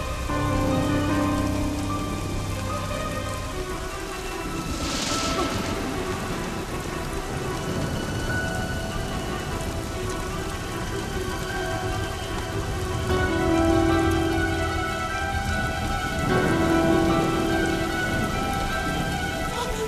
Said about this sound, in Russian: На улице сильный дождь.